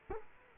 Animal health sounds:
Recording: mosquito wingbeat signal from an infrared sensor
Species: Culex quinquefasciatus

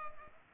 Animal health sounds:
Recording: mosquito wingbeat signal from an infrared sensor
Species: Culex pipiens

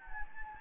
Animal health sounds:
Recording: mosquito wingbeat signal from an infrared sensor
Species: Anopheles gambiae

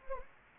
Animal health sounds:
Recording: mosquito wingbeat signal from an infrared sensor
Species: Anopheles gambiae

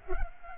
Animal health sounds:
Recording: mosquito wingbeat signal from an infrared sensor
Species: Culex pipiens

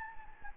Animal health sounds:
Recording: mosquito wingbeat signal from an infrared sensor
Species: Anopheles gambiae

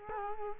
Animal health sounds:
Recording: mosquito wingbeat signal from an infrared sensor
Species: Culex quinquefasciatus

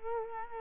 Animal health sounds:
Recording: mosquito wingbeat signal from an infrared sensor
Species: Culex quinquefasciatus

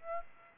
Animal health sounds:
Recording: mosquito wingbeat signal from an infrared sensor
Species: Aedes aegypti

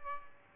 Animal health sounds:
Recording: mosquito wingbeat signal from an infrared sensor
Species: Aedes albopictus

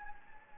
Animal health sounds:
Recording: mosquito wingbeat signal from an infrared sensor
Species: Anopheles gambiae

